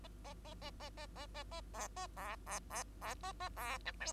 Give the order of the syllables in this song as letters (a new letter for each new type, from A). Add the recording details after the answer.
A A A A A A A A A B A B B B B A A B C D. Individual Bird2